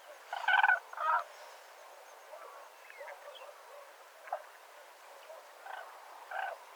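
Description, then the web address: Common crane calls, two loud rolling trumpet notes at the start followed by fainter, scattered calls. "grus grus call"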